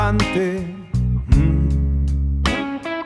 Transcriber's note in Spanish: Hum